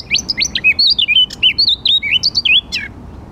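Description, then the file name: Eurasian blackcap song: one rapid, clear warbled phrase of sliding fluty whistles, rising and falling, lasting about three seconds, then falling silent. "Sylvia atricapilla"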